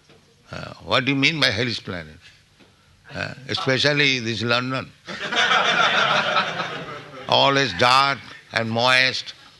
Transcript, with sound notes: What do you mean by hellish planet? Especially this London, [laughter] always dark and moist,